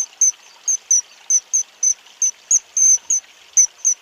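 Kingfisher calls: short, shrill, high piercing notes repeated rapidly, with a faint hiss of background noise.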